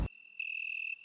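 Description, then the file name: Cricket chirp, altered: a sharp noise burst, then a steady high ringing tone with faint overtones that grows louder and stops near the end. Sound transformed. "grillen transform"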